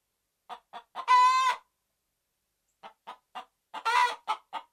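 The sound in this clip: Red junglefowl clucking: three short clucks lead into a loud, harsh drawn-out squawk, then after a pause more clucks and a second squawk.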